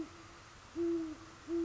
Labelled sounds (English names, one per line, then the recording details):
Great Horned Owl
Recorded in Sonoma County, California